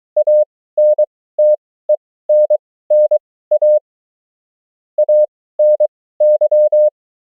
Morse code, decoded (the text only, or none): ANTENNA ANY